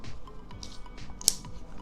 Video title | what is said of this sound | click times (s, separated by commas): Unboxing Cristmas Giftbox from KAIWEETS | and lock it in the length that you need to use next | 1.3 s